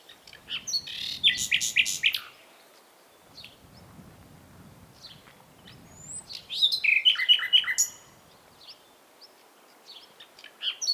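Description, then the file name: Common nightingale song: loud phrases of rapid repeated notes and whistled trills, with a pause of soft scattered chirps between, and another phrase starting at the end. "Luscinia megarhynchos"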